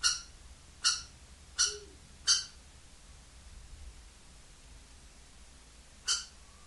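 Kestrel calls, four harsh spaced notes, a silent gap, then one more note.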